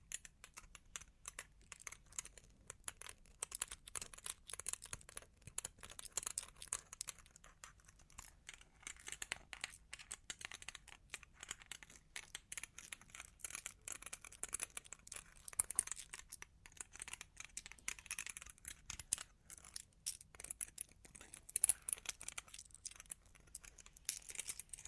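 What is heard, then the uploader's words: Long claws tap and scratch in a dense, irregular stream of sharp clicks and dry rasps that runs for the full length without pause. The sound is thin and bright, with soft crinkling texture between taps and a slightly louder burst around 21 seconds. Long Claws Tapping and Scratching (No Talking).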